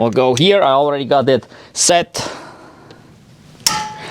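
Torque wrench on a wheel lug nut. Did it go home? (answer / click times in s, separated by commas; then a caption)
yes / 3.7 s. Someone talks, then a preset torque wrench is turned on a lug nut of the Cybertruck's rear wheel, and one sharp metallic click is heard at 3.7 s. The wrench has clicked at its setting, so the lug nut is torqued.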